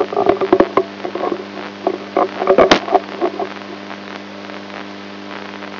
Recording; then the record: brain microelectrode recording played as sound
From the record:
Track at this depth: inside the subthalamic nucleus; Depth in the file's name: 3.121 mm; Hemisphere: right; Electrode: 2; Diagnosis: Parkinson's disease